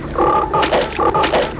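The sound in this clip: Frog croaking: rough, buzzy croaks delivered in several quick bursts.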